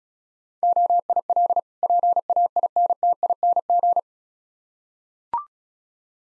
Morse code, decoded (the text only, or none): OIL PAINTING